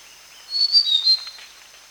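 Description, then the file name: Flycatcher giving one quick phrase of high, thin whistled notes that dip slightly, then silence. Flycatcher recorded in Kalimantan. "sikatan kalimantan"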